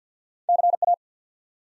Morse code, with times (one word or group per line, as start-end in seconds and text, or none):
0.5-0.8 C
0.8-0.9 A